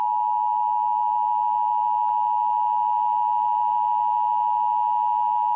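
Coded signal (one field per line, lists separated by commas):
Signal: Emergency Alert System (SAME) tones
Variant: 853 and 960 Hz attention tone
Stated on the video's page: Fictional EAS scenario, not a real broadcast.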